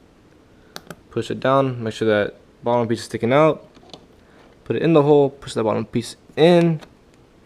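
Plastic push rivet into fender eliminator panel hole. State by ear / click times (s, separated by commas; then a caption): not seated / none. A plastic push-in rivet clip is set into a hole in a Yoshimura fender eliminator panel on a Yamaha FZ-07 motorcycle, with its bottom pin sticking out, ready to be pushed in. Someone talks throughout, with a few faint ticks around 0.8 s, 0.9 s and 3.9 s. The rivet is still being handled, and nothing has seated or clicked yet.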